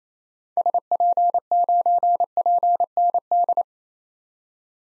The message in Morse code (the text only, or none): SP9PND